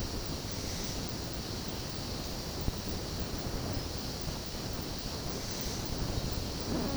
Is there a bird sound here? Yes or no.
no